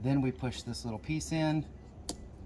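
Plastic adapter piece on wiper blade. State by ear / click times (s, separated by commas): seated / 2.1 s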